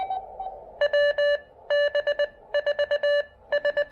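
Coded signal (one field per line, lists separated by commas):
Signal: Morse code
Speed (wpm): 22 wpm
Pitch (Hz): 580 Hz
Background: none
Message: WB4S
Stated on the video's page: QRP portable POTA park activation with Elecraft KX2 and AX1 antenna on 20 and 17 meters.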